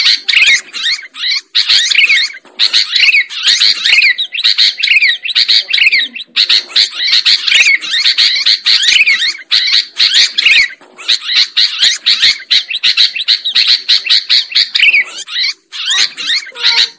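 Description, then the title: Lovebird chatter, a long stream of high, scratchy chirps and twittering notes broken by a few brief gaps. Lovebird sound used as a lure for trapping birds. "PIKAT BURUNG LOVEBIRD"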